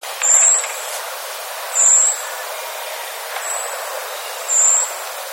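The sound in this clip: Narcissus flycatcher song, high thin whistled notes repeated about every one and a half seconds over steady background noise.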